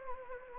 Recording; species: mosquito wingbeat signal from an infrared sensor; Anopheles gambiae